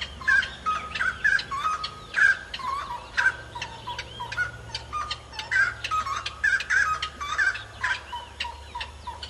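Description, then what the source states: Grey-cowled wood rail song: a long run of loud, raucous notes repeated about once per second, over a low background hum. Local name chiricote.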